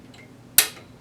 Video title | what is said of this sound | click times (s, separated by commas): Upgrading a Dell OptiPlex 9020 i7-4790K + 1660 Ti + 32GB RAM [2019] | put it in there until it clicks | 0.6 s